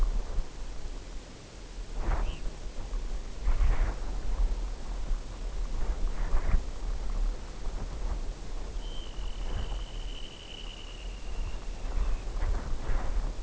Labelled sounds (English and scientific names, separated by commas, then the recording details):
unidentified sound, Dunlin (Calidris alpina)
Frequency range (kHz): Dunlin (Calidris alpina) 2.1-4.0 kHz
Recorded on Arctic tundra, site UTQI-0, on 14 June 2019
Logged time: 02:00